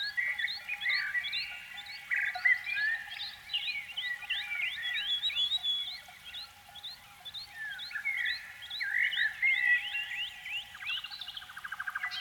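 Canary singing a run of rapid rising chirps and warbled phrases, ending in a short buzzy trill, with a faint steady hum underneath.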